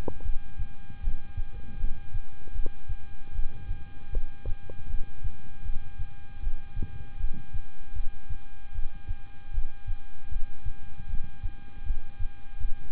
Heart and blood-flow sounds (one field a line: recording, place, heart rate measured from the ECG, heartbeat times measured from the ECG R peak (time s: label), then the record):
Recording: heart sounds by stethoscope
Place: between the tricuspid and mitral areas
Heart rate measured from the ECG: 78 bpm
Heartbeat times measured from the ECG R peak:
0.22 s: heartbeat
1.01 s: heartbeat
1.77 s: heartbeat
2.52 s: heartbeat
3.32 s: heartbeat
4.10 s: heartbeat
4.87 s: heartbeat
5.62 s: heartbeat
6.40 s: heartbeat
7.17 s: heartbeat
7.93 s: heartbeat
8.72 s: heartbeat
9.51 s: heartbeat
10.29 s: heartbeat
11.07 s: heartbeat
11.83 s: heartbeat
12.58 s: heartbeat
From the record:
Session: rest, lying down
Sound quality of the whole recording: good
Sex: male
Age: 26 years